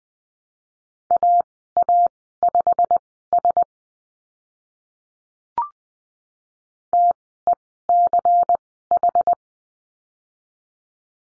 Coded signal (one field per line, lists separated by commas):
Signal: Morse code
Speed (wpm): 20 wpm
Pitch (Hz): 700 Hz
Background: none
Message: AA5S TECH